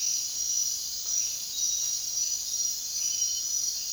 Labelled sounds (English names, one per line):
none